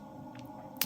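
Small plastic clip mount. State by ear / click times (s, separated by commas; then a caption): seated / 0.8 s. A magnetic quick-release mount is fitted onto the protective case of a DJI Osmo Action 3 action camera, snapping on magnetically and then clipping in place with small clamps. Over a low steady hum, a faint tick comes at about 0.4 s, followed by a sharp, loud click at 0.8 s. The mount is seated and locked so it cannot move.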